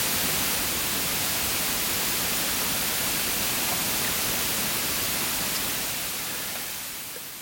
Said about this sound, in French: Et ceci serait un bruit blanc.